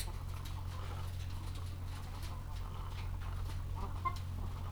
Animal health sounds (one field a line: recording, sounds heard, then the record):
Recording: poultry house recording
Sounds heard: sick chickens (respiratory disease)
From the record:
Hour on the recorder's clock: 14